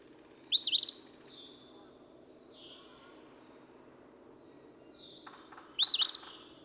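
Eastern phoebe singing two buzzy phrases about five seconds apart, with faint soft whistles and a brief low chatter between them.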